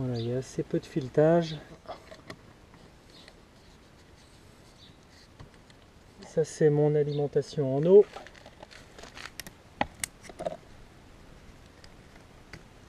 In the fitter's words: Voilà, ça c'est clipsé.